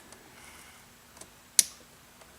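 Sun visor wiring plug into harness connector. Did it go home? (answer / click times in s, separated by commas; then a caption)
yes / 1.6 s. A sun visor wiring plug on a 4th-gen Dodge Ram, part of a vanity mirror light upgrade, is pushed into its mating harness connector. Faint ticks come at about 0.1 s and 1.2 s, then one sharp, bright click at 1.6 s as the plug snaps in and seats.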